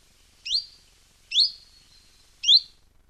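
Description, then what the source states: Common chiffchaff: three sharp high rising notes, spaced about a second apart, in quiet surroundings. Male singing from the highest branches after returning from migration in late February; lively chattering song, German name Zilpzalp imitates it.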